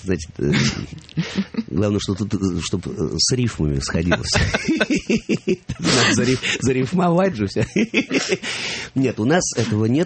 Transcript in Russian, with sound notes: Знаете, главное, чтобы с рифмами сходилось. (смеются) Надо зарифмовать же все. Нет, у нас этого нет.